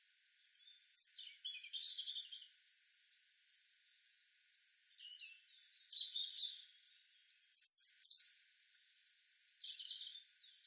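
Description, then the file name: European robin song: short, high, thin warbled phrases with trills, in several bursts with brief pauses between. "Erithacus rubecula"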